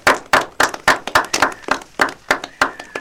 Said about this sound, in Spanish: Bueno, un aplauso.